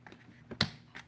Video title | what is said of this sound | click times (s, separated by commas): How To Build A Gaming PC ..Quick Walk Thru.. Live!! | here to click yep | 0.6 s